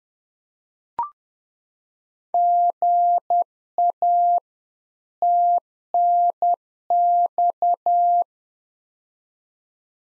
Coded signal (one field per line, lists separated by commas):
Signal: Morse code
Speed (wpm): 10 wpm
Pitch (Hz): 700 Hz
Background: none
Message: GA TNX